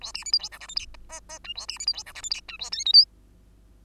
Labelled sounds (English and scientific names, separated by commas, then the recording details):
Bengalese Finch (Lonchura striata domestica) song
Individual Bird2